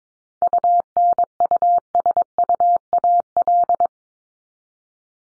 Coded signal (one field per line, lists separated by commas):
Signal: Morse code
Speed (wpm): 22 wpm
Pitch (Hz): 700 Hz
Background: none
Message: UNUSUAL